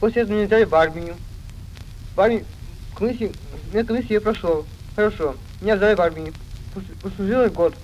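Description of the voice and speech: Slow, effortful Russian speech from an adult man, with repeated phrases, blurred hissing sounds and dropped consonants: a distinctive dysarthria from a defect of the articulatory apparatus, present since age 14.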